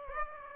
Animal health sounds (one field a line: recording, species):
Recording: mosquito wingbeat signal from an infrared sensor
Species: Aedes aegypti